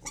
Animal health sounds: pig call; weaner (32 to 43 days)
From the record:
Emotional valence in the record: negative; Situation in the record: short isolation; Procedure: open field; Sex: female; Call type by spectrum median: high-frequency call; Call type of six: high-frequency stable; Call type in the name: high-frequency stable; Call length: 0.11 s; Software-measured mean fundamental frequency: 238 Hz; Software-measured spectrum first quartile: 1245 Hz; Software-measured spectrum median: 4562 Hz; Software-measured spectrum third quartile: 6608 Hz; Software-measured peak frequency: 7056 Hz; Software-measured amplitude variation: 179 dB a second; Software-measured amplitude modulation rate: 4.5 a second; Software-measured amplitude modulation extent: 39.6 dB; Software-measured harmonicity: 3.4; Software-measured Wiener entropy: -2.53

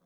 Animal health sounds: pig call; piglet (1 to 25 days)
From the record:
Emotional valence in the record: positive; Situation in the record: short reunion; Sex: male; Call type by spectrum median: low-frequency call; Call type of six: low-frequency stable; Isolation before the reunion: 3 minutes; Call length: 0.07 s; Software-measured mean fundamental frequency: 33 Hz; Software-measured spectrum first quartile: 247 Hz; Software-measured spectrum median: 648 Hz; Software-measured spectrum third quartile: 3393 Hz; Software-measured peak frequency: 177 Hz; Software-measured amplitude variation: 25 dB a second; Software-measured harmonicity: 7.7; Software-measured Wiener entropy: -2.94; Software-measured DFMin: 784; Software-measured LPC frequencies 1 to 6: 1111, 3437, 4257, 5383, 6279, 6991 Hz

